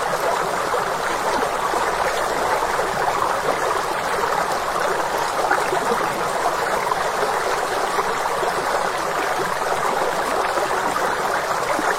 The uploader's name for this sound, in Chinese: 泉水叮咚 溪流淙淙